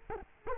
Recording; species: mosquito wingbeat signal from an infrared sensor; Culex quinquefasciatus